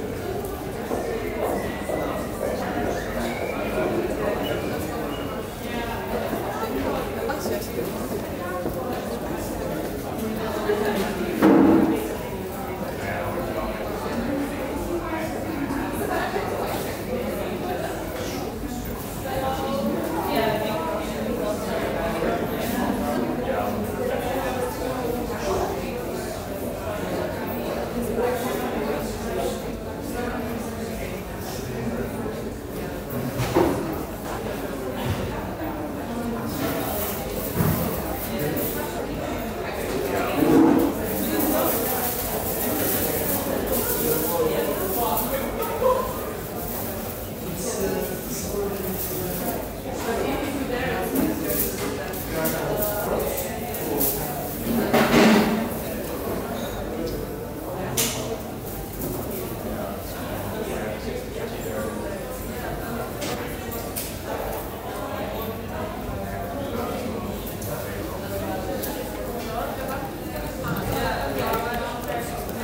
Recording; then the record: background sound without coughing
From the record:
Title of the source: 40 min - Ambience sounds UNIVERSITY lunchroom chatting